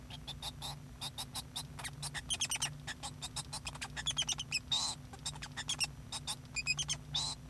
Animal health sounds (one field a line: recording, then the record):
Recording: song of a male Bengalese finch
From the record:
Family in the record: son of father 2